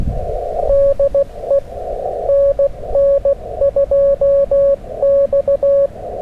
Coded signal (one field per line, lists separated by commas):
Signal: Morse code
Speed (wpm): 15 wpm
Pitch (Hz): 560 Hz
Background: radio noise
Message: DE NN2X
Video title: STRAIGHT KEY, QRP Parks on the Air FUN @ US-3786 #qrp #straightkey #cw #parksontheair